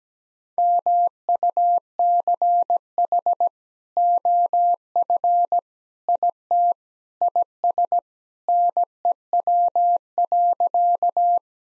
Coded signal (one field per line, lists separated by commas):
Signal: Morse code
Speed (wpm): 17 wpm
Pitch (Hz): 700 Hz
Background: none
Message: MUCH OF IT IS NEW.